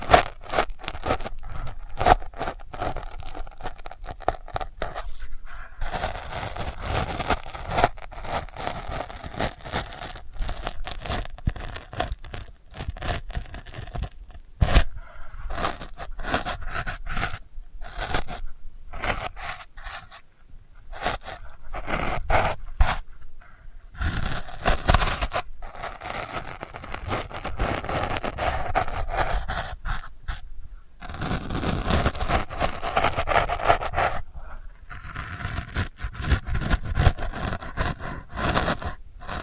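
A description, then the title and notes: Delicate scratching in dense, rapid bursts of bright rasping strokes, with several brief pauses around 6, 20, 24 and 34 seconds. ASMR Delicate Scratching for Sleep (No Talking).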